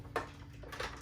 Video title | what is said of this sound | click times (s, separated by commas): Haslab Transformers: War For Cybertron UNICRON Video Review | kind of snap up. | 0.2 s